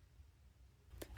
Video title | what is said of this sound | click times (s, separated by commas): OBD2 AI Assisted Code Reader Packaging Review Mucar 892BT | I do like that you just, oops, it's a magnet, so you gotta line it up, pops right in. | 1.0 s, 1.2 s